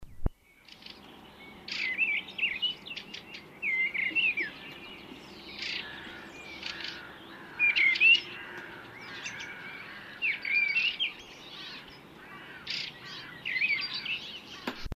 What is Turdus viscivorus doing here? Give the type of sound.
song